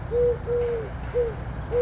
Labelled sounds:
Eurasian Collared Dove
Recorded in Sonoma County, California

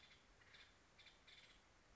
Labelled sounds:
Acorn Woodpecker
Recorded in Sonoma County, California

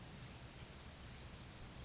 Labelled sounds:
Oak Titmouse
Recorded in Sonoma County, California

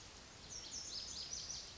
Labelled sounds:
Lazuli Bunting
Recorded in Sonoma County, California

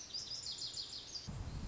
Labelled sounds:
Lazuli Bunting
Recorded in Sonoma County, California

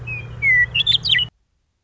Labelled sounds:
Western Meadowlark
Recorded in Sonoma County, California

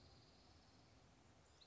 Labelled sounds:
Dark-eyed Junco
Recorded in Sonoma County, California

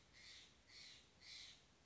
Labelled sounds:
Steller's Jay
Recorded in Sonoma County, California

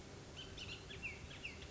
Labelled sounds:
Bullock's Oriole
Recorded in Sonoma County, California

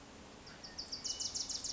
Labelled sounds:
Wilson's Warbler
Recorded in Sonoma County, California

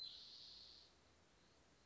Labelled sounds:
Spotted Towhee
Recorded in Sonoma County, California

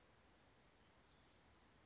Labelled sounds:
Brown Creeper
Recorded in Sonoma County, California

